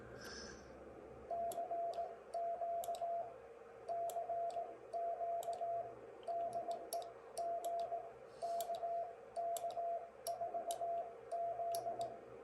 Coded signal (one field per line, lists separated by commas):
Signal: Morse code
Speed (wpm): 18 wpm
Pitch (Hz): 680 Hz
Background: radio noise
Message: CQ CQ DE G KK4Z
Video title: CW keys for everyone